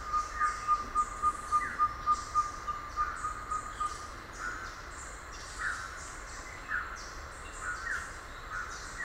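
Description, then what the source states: Ferruginous pygmy owl giving a fast, even series of hollow whistled toots, about three per second, then stopping; short downslurred chirps and buzzy high insect noise continue throughout. Recorded on 30 October 2001.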